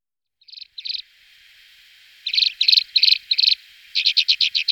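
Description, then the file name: Alpine accentor, short bursts of rapid buzzy trilled notes, a brief pair at the start then a run of repeated pulses after a pause, with a faint steady hum. Song, recorded in 2004. "roche 2004 alpenbraunelle"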